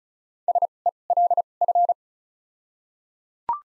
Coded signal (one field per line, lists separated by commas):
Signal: Morse code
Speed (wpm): 34 wpm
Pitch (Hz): 700 Hz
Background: none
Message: S E L F